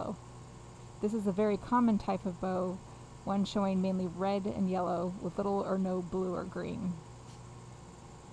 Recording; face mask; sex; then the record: reading aloud; surgical mask; female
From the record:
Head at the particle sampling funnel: facing it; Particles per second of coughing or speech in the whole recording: 0.0679